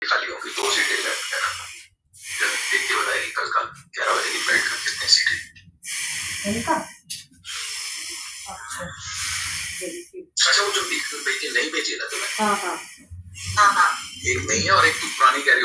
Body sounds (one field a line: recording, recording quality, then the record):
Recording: deep breathing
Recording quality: moderate, slight background noise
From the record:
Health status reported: recovered from COVID-19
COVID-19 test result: negative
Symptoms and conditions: none ticked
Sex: female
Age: 21 years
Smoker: not ticked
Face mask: not worn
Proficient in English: yes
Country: India